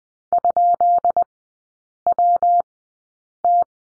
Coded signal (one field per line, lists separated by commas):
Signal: Morse code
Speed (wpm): 20 wpm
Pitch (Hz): 700 Hz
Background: none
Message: ?WT